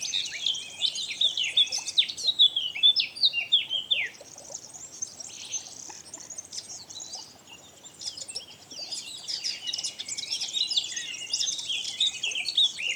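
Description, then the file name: Eurasian blackcap warbling: rapid, jumbled high notes mixing clear whistles and chattering slurs, a brief lull near the middle, then renewed busy twittering to the end. "Sylvia atricapilla"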